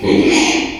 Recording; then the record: squeal of a Yucatan mini pig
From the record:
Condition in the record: after surgery on the right vocal fold (resection and tissue-engineered implant); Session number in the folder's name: 2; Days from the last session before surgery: 13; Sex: male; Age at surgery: 12 weeks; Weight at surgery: 13 kg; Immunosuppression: cyclosporine, prednisolone